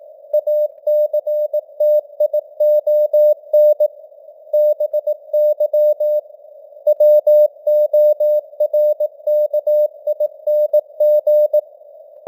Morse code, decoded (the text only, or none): ACTION BY WORKING